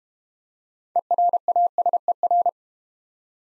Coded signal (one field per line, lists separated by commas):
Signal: Morse code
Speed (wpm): 31 wpm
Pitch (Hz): 700 Hz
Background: none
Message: ERASER